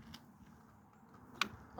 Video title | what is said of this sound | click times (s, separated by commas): Swagman Chinook Bike Rack Product Review | press down really hard one more time to get that last click | 1.4 s